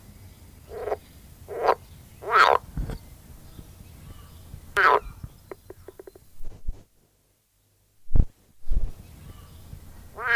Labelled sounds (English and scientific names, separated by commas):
Edible Frog (Pelophylax esculentus)